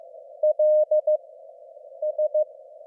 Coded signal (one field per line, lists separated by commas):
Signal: Morse code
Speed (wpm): 24 wpm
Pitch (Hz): 600 Hz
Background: none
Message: L S